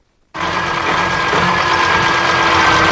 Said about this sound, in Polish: Tak pracuje zaprezentowany spalinowy silnik napędzany wodorem. Naukowcy z Politechniki Krakowskiej nad jego stworzeniem pracowali kilka lat,